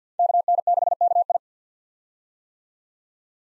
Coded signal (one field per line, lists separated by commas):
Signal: Morse code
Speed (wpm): 50 wpm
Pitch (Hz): 700 Hz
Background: none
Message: KN6KI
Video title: 2023 POTA Hunter Call Signs - 50wpm